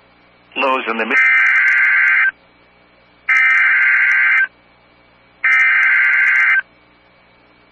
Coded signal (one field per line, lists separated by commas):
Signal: Emergency Alert System (SAME) tones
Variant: header bursts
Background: speech